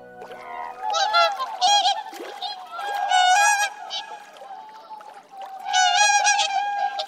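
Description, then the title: Whooper swans calling: loud, nasal honking bugles in overlapping bursts, several birds trading calls, with quieter honks between. Whooper swans at Lake Furen on the Nemuro Peninsula, Hokkaido, Japan. "北海道根室半島・風連湖のオオハクチョウ"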